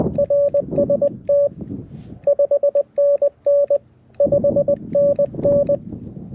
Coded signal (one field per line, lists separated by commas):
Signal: Morse code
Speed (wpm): 20 wpm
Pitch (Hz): 570 Hz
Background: none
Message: RST 5NN 5NN